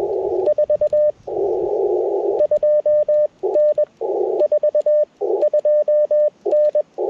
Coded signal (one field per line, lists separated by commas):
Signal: Morse code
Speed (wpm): 21 wpm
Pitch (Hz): 600 Hz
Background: radio noise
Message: 42N 42N